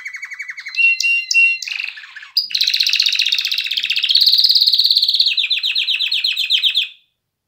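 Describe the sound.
Canary song moving through a series of rolled trills, from a low rattling roll to high whistled notes and then long, rapid buzzy tours.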